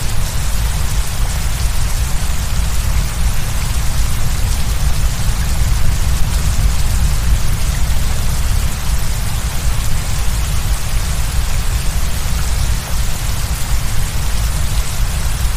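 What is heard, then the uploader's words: White noise blends with steady rain, a dense, unchanging hiss that fills everything from a deep rumbling low end to a bright crackle up top. Fine raindrop patter runs evenly throughout, with no pauses or distinct events. Full Spectrum White Noise with Rain.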